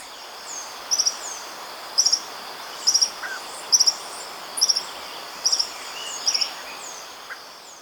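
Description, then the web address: Common tody-flycatcher song: short high chattering bursts of three or four quick notes, repeated roughly every second, over a constant buzzing insect chorus. Recorded in Ecuador. "Natures Songs S America Birds of Ecuador 3. Common Tody-Flycatcher"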